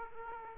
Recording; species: mosquito wingbeat signal from an infrared sensor; Aedes aegypti